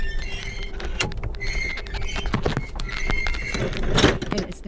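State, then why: Seated. A fold-up upper sleeping bunk in a train roomette is pulled toward the wall by its handle and lifted into its wall stowage latch. It squeals as it rises among several sharp knocks and rattles. It snaps into its stowed position at 4.3 s.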